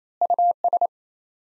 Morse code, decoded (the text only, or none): US